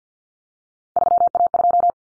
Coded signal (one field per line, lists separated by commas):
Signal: Morse code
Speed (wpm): 50 wpm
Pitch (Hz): 700 Hz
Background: none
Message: 3A2